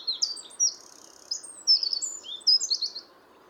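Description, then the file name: Eurasian wren singing in loud high bursts, with piercing chips and short warbled phrases broken by brief pauses, over steady low background noise. "Troglodytes troglodytes"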